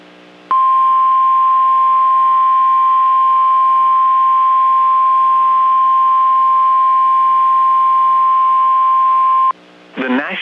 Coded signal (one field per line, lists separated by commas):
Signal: Emergency Alert System (SAME) tones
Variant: 1050 Hz attention tone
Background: speech